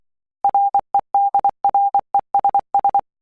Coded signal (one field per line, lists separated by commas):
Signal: Morse code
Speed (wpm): 24 wpm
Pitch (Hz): 800 Hz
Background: none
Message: REDRESS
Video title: Morse Code Practice 3 - 'D' 'K' 'G' 'O' 'H'